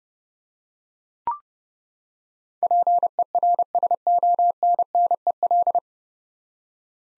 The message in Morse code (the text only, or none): PERSONNEL